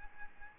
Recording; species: mosquito wingbeat signal from an infrared sensor; Aedes albopictus